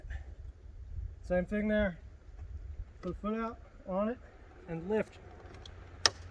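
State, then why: Seated. Someone talks while a foot is put on the extendable support leg of a small camper trailer and the trailer is lifted, with a low rumble underneath. At 6.1 s a sharp click sounds as the leg's latch snaps into the extended position, and the leg is seated.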